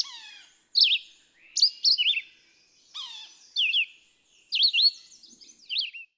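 Red-eyed vireo giving varied short whistled phrases, rising and falling slurs in quick succession, with a fainter lower whistle at the start.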